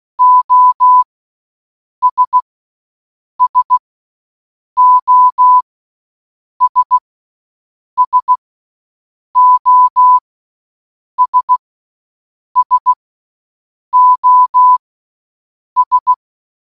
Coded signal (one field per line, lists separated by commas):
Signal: Morse code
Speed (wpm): 16 wpm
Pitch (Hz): 1000 Hz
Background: none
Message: OS SOS SOS SOS